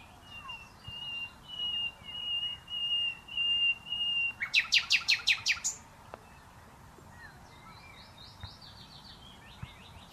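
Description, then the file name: Common nightingale song: several long level whistles, then a loud rapid rattle of sharp notes, and faint sliding notes later. "Luscinia megarhynchos"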